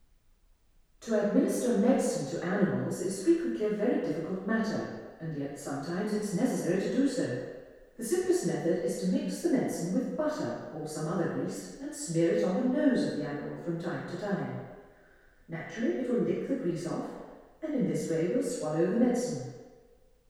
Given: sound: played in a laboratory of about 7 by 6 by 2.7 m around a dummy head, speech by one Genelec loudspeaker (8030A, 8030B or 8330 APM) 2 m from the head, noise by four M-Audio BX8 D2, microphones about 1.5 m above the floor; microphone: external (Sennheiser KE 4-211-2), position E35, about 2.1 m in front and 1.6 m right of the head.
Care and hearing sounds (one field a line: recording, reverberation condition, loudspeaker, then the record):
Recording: female speech in English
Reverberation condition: high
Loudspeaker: 120 degrees to the right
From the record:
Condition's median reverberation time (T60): about 1300 ms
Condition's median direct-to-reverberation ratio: about -4.0 dB